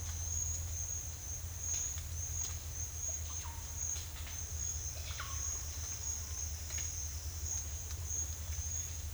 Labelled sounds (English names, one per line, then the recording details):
none
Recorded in secondary vegetation near Puerto Asís, Putumayo, Colombia, on 30 June 2025 at 11:00
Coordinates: 0.498, -76.327
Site GP09